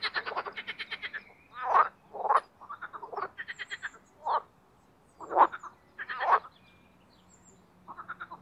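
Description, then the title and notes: Marsh frogs croaking: a long pulsed rattle at the start, then shorter separate grunting croaks and quieter pulsed calls with longer pauses between. Spring mating chorus in an artificial pond made for water activities at Parc Chédeville, Oise; cold previous night. "au Parc Chédeville dans l'Oise. des grenouilles rieuses"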